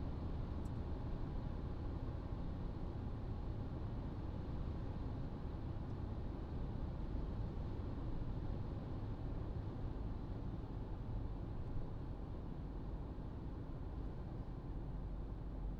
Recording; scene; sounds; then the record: everyday scene through a hearing-aid microphone; in a vehicle; engine, traffic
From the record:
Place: Berlingo II, diesel engine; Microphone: in the ear canal, right